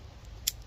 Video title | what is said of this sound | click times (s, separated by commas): Leatherman SIGNAL Review: The ULTIMATE Outdoor Multitool? | again locks into place as every tool does we have the Phillips and a flathead | 0.5 s